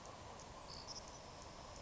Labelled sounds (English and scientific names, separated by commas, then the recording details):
Savannah Sparrow (Passerculus sandwichensis)
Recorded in Sonoma County, California